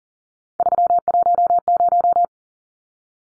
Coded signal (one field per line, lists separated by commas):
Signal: Morse code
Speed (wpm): 40 wpm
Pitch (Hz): 700 Hz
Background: none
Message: 310